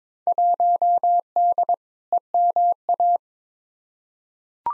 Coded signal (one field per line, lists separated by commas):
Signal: Morse code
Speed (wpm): 22 wpm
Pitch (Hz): 700 Hz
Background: none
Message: 1D EMA